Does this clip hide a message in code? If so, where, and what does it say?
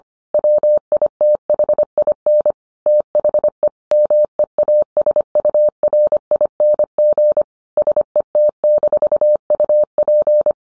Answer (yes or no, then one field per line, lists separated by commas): yes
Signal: Morse code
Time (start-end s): 0.3-10.5 s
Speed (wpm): 25 wpm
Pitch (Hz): 600 Hz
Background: none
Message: WITHIN THE MEASURING SET-UP